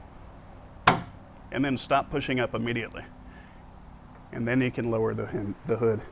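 On a Fisker Ocean electric SUV, the hood is pushed up slightly while the hood hinge latch is squeezed, and the latch gives a sharp click at 0.9 s as it releases so the hood can be lowered. Someone talks for the rest of the clip.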